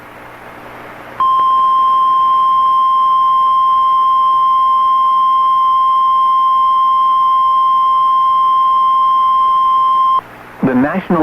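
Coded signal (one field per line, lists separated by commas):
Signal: Emergency Alert System (SAME) tones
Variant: 1050 Hz attention tone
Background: speech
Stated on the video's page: Online NOAA Weather Radio Severe Thunderstorm Warning.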